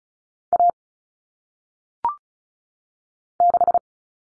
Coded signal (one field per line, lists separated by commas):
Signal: Morse code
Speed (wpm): 36 wpm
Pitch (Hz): 700 Hz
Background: none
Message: A 6